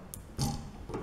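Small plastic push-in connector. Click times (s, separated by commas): 0.1 s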